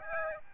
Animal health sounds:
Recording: mosquito wingbeat signal from an infrared sensor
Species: Aedes albopictus

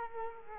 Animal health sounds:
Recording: mosquito wingbeat signal from an infrared sensor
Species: Culex quinquefasciatus

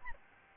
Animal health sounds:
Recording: mosquito wingbeat signal from an infrared sensor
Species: Aedes albopictus

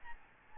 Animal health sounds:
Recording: mosquito wingbeat signal from an infrared sensor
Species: Aedes albopictus

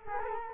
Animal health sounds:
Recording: mosquito wingbeat signal from an infrared sensor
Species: Culex quinquefasciatus

